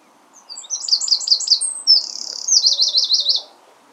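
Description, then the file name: Eurasian wren singing one brisk phrase: quick tinkling notes, a short whistle, then a rapid rattling trill at very high pitch. "Troglodytes troglodytes"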